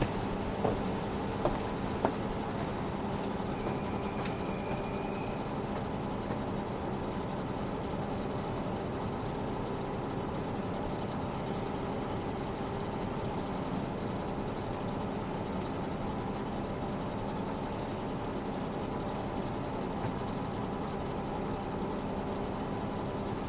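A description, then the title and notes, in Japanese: Aboard the KiHa 72 Yufuin no Mori express between Ukiha and Hakata, a steady low diesel drone and rumble fill the whole stretch without letting up. A few sharp clicks come near the start, and thin whistling tones pass briefly around five and eleven seconds. 配信は、JR九州キハ72系 ゆふいんの森06号02 うきは～博多です。走行音。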